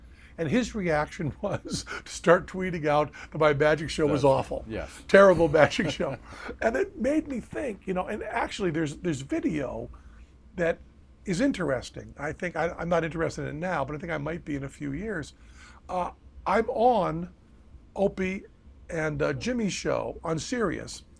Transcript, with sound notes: And his reaction was to start tweeting out how my magic show was awful.
Yes, yes. *laughs*
Terrible magic show. And it made me think, you know…And actually, there's video that is interesting, I think—I'm not interested in it now, but I think I might be in a few years—I'm on Opie and Jimmy's Show on Sirius